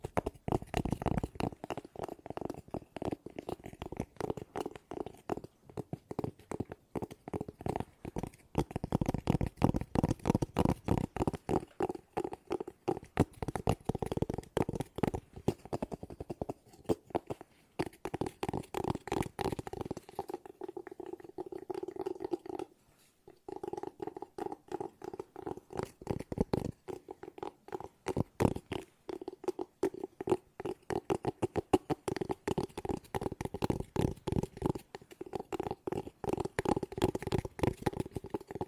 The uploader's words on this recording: ASMR Tapping No Talking Fast & Soothing for Sleep 5 Objects.